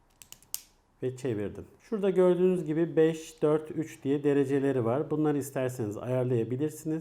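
After a sterile lancet is fitted, the plastic cap of a lancing pen from a vitamin D rapid test kit is put back on and twisted into place, giving several small ticks. The last and loudest tick, at 0.5 s, is the cap locking closed, and then someone talks.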